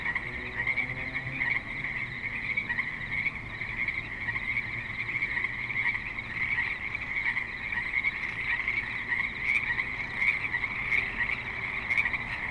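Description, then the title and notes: Many frogs calling together in an unbroken high trilling chorus; a faint low rumble sounds briefly near the start. Frogs calling at a creek in Spanish Springs, Nevada, a suburban setting with light traffic and other suburban sounds. "Frogs in Spanish Springs, NV - creek view. Frogs with light traffic and other suburban sounds"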